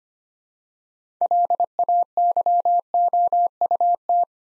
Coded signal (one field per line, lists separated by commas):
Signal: Morse code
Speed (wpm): 25 wpm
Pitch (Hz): 700 Hz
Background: none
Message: LAYOUT